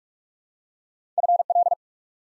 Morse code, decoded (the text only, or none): FL